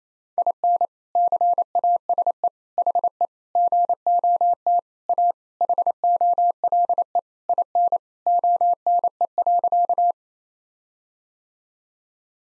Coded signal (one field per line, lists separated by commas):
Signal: Morse code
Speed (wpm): 28 wpm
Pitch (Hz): 700 Hz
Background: none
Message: IN CASE HE GOT A HOLE IN ONE.